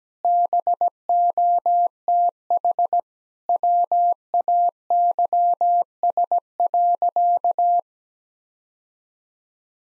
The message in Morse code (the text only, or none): BOTH WAYS.